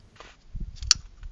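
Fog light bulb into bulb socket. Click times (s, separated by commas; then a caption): 0.9 s. A new LED fog light bulb for a 2004 Prius is pressed into its plastic socket until it locks in place. Low shuffling and rustling lead up to a sharp click at 0.9 s, and the bulb is seated.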